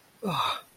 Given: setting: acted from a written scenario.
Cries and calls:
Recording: vocal sound without words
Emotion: disappointment

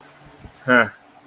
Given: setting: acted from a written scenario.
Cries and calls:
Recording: vocal sound without words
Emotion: contempt

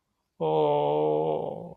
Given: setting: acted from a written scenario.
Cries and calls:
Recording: vocal sound without words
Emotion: sympathy

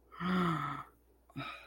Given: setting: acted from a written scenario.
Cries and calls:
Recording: vocal sound without words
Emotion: embarrassment

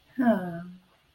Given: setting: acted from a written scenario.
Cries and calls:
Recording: vocal sound without words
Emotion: romantic love

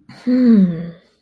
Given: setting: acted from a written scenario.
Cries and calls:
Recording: vocal sound without words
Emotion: neutral

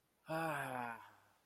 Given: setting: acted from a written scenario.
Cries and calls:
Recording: vocal sound without words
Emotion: negative surprise

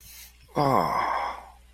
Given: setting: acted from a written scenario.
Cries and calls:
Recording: vocal sound without words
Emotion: guilt

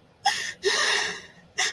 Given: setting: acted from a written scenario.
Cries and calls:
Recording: vocal sound without words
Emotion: sadness

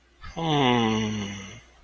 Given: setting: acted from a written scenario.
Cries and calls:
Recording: vocal sound without words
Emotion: serenity

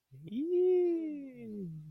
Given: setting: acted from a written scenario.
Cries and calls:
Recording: vocal sound without words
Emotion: realization

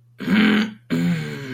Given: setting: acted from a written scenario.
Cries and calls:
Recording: vocal sound without words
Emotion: ecstasy

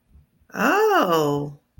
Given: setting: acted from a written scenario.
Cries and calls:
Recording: vocal sound without words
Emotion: awe

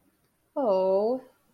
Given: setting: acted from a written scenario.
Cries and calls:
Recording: vocal sound without words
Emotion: sympathy

